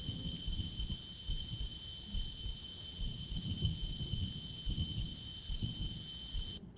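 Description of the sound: Greatly amplified sound from an adult's ear canal: steady, faint, high-pitched pure tones, two prominent emissions at two frequencies plus smaller ones, persist over soft background hiss. Low irregular thumps and rumbles come from heartbeat and stomach gurgling, with a rustle of clothing at the end. These are spontaneous otoacoustic emissions, a normal finding in a person with normal hearing.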